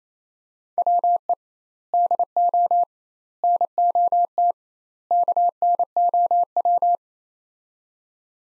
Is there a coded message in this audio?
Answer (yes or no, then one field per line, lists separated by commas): yes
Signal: Morse code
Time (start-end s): 0.8-7.0 s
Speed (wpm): 28 wpm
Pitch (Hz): 700 Hz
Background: none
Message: WE DO NOT KNOW